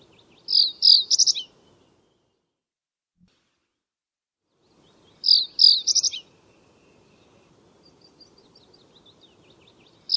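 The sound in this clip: Bird call phrase of high downslurred notes and a rapid stuttered run, repeated about every five seconds with silence between, a third phrase beginning at the end.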